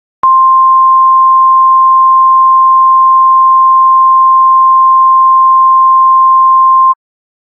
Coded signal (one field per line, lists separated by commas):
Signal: Emergency Alert System (SAME) tones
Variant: 1050 Hz attention tone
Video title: “Trouble At The Ferry” EAS Scenario (Demo)